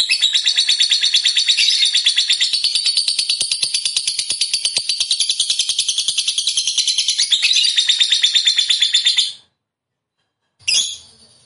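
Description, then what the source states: Lovebird song: a fast, dense, buzzy chattering trill held for about nine seconds, then a pause and one short burst. Lovebird described as a 'fighter' and 'gacor'.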